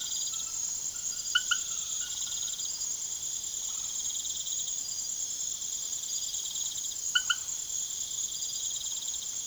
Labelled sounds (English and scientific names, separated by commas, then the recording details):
none
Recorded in secondary vegetation near Puerto Asís, Putumayo, Colombia, on 19 June 2025 at 23:00
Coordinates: 0.489, -76.322
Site G021